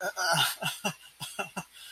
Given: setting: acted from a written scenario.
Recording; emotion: vocal sound without words; embarrassment